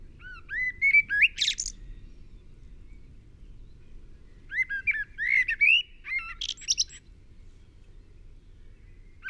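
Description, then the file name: Common blackbird song, two mellow fluted phrases each closed by a shrill, scratchy twitter, separated by a few seconds of quiet. "Turdus merula"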